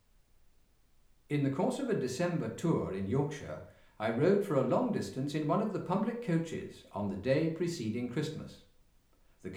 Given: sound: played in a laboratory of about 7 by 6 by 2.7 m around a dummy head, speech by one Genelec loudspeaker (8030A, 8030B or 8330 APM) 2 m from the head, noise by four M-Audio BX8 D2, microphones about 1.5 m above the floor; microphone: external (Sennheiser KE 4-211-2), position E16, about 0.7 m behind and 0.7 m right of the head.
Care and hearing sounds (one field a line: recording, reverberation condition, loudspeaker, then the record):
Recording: male speech in English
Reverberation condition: medium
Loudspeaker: 90 degrees to the right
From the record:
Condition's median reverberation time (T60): about 510 ms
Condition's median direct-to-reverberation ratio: about -0.5 dB